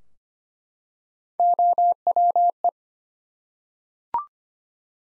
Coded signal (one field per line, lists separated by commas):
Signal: Morse code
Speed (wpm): 25 wpm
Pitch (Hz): 700 Hz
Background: none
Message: OWE